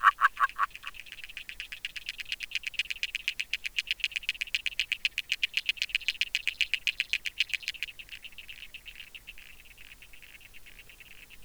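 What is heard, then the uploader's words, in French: An agile frog calls in a fast, even series of short knocking pulses, building from a few louder notes at the start into a steady run that fades after about eight seconds. A thin, bright insect buzzing continues underneath throughout. Réserve naturelle de la Plaine des Maures - Nagra LB - Hydrophone dpa 8011. Durant toute la nuit je laisse en "piège à son" mon hydrophone sur la partie la plus profonde (50cm). La présence intéressante d'une Grenouille agile (Rana dalmatina) et au moins de deux insectes bruiteurs non déterminés.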